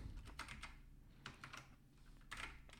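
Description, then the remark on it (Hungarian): Quick bursts of typing on a PC keyboard to load a program, clusters of sharp clicky keystrokes separated by short pauses, with a low steady hum underneath and no voices. “Betöltjük, természetesen a PC-s billentyűzetemmel, mint azt korábban említettem, mindig bajom van itt a Wise-ba.”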